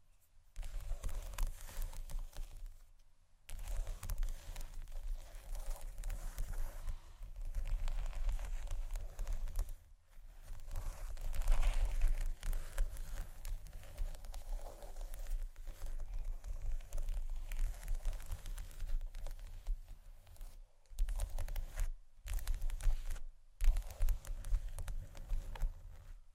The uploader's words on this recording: ASMR Tap & Scratch On Table Surfaces （No Talking）.